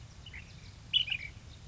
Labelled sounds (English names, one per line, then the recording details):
Ash-throated Flycatcher
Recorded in Sonoma County, California